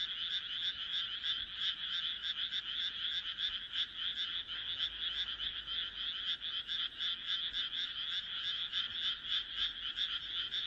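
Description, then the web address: Frog chorus of rapid, raspy pulsed croaks, several animals calling at once in a dense, continuous, high-pitched stream of notes. "kaeru kaeru"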